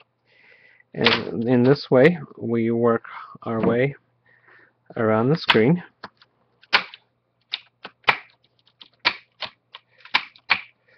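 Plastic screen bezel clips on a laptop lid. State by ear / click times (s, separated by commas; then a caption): released / 6.7 s, 7.5 s, 8.1 s, 9.1 s, 10.2 s, 10.5 s. On an ASUS X53E laptop lid, with the screws already out, the plastic screen bezel is lifted from the screen side by fingertips or fingernails and worked around the screen while someone talks. Sharp snaps are heard at 6.7, 7.5, 8.1, 9.1, 10.2 and 10.5 seconds as the plastic bezel clips pop loose, releasing the bezel.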